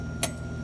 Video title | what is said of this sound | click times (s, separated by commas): Assembly of Taylor 430 Ice Cream Machine. | into place that kind of locks it in together | 0.2 s